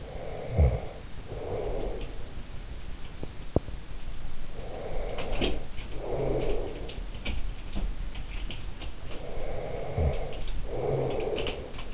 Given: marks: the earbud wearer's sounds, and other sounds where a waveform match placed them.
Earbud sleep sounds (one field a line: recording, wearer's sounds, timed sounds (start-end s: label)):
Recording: sounds in sleep by an in-ear microphone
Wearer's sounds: snoring breath, breath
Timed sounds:
0.00-2.14 s: snoring breath
4.51-6.97 s: breath
5.11-11.94 s: sound from someone else or the room
9.08-11.94 s: snoring breath